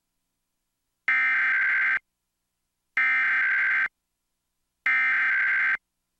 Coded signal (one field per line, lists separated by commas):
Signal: Emergency Alert System (SAME) tones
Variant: header bursts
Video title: Comcast Emergency Alert System - Required Monthly Test (September 27, 2023)